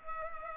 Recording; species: mosquito wingbeat signal from an infrared sensor; Culex pipiens